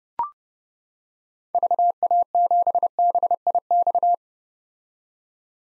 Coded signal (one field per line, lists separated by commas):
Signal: Morse code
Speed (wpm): 32 wpm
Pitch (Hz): 700 Hz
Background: none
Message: VA7BIX